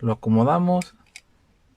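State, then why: Seated. Someone talks while a plastic shield ring from a B-191 Over Drive System spinning-top set is rotated 90° to match the blue notches and pressed with light pressure into the layer body. A single sharp click is heard at 1.2 s as the shield seats in its heavy-mode position.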